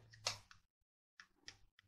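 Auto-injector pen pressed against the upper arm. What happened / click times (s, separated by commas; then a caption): A spring-loaded device clicks repeatedly as it runs / 0.3 s, 1.2 s, 1.5 s, 1.8 s. A demonstration auto-injector pen is pressed down against the upper arm and clicks on its own as it injects, with the pen's activation clicks at 0.3, 1.2, 1.5 and 1.8 seconds. When the clicking stops, the injection is complete.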